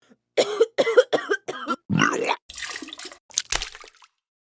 Woman Rough Cough Vomit.